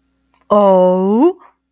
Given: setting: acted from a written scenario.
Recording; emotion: vocal sound without words; adoration